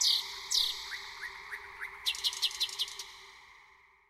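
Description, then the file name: Thrush nightingale song: two high, sharply descending whistles, a few soft rising notes, then a quick series of sharp clicking notes, over a steady low hum. "SLOWIK SZARY"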